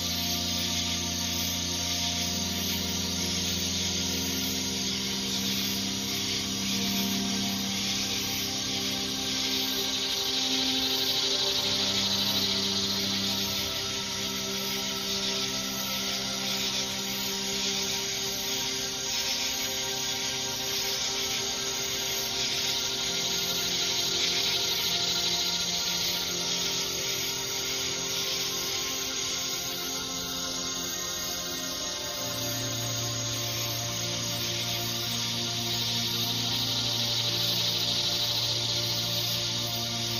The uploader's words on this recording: Sounds of The Everglades. Nature sounds from the Florida Everglades.